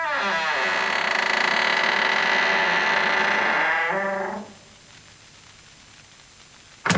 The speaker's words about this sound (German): Eine Tür fällt knarrend ins Schloss.